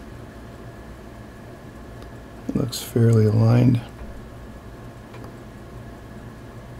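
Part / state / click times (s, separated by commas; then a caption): hairspring collet onto balance staff of a pocket watch / not seated / none. A hairspring collet is lined up on the balance staff of a Waltham pocket watch on a staking tool, ready to be pressed straight down. Someone talks briefly from about 2.5 to 3.8 seconds over a low, steady background hiss. Nothing has clicked or seated yet.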